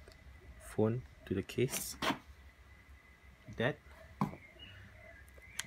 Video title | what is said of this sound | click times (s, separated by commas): 3D Printed Iphone XR Case & Bicycle mount - Installation Video | press this and locks in place and locks | 5.6 s